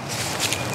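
A holster's ULTICLIP belt clip is unclipped and pulled off the belt, as when taking it off to go to the bathroom. Against a steady broadband rustle, a short sharp click at 0.5 s marks the clip coming free, and the holster is released from the belt.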